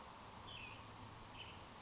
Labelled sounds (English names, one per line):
Oak Titmouse